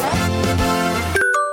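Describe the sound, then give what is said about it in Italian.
A short jingle marking a commercial break on the Italian radio show La Zanzara: a loud burst of sustained, layered musical tones that ends in a few bright, ringing chime notes, with no talking. “Amici miei carissimi, siete in ascolto, la pubblicità.”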